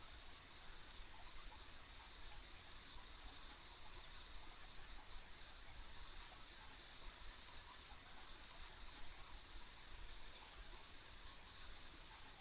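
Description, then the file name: Unbroken high insect trilling from many callers, faintly pulsing, with a gentle low background rumble beneath it. Ambient insect sounds recorded on a country road. "田舎道の虫の環境音"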